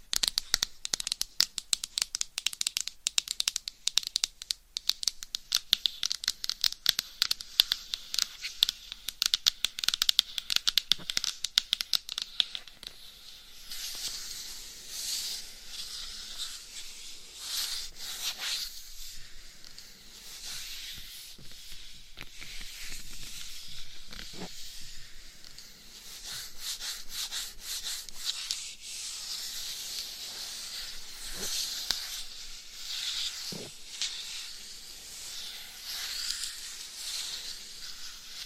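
Scratching and tapping on a binaural mic, with dense, fast bursts of crackly scratches and taps through the first thirteen seconds. After that it settles into a softer, steadier hissing rub, with a few sharper taps scattered around 18, 24, 31 and 34 seconds.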